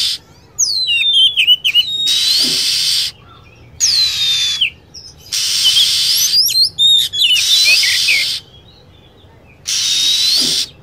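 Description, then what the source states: Lovebird calls: shrill, rapidly bending whistled chirps in quick runs, broken by blocks of strong hissing noise. Recording used as a bird lure (pikat) to attract birds.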